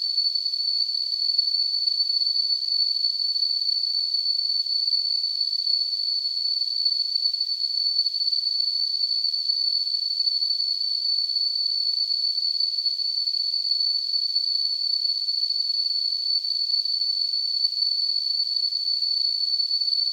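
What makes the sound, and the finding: Device-generated tinnitus simulation. Tinnitus simulation.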